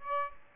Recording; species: mosquito wingbeat signal from an infrared sensor; Aedes aegypti